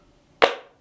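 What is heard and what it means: A detachable keyboard for the Lenovo Duet Chromebook, a 10-inch tablet, is brought to the tablet's pogo connector and alignment nubs and snaps on magnetically. It makes one sharp, bright clack at 0.4 s that rings briefly, then fades over about a quarter second. The keyboard is seated firmly in place.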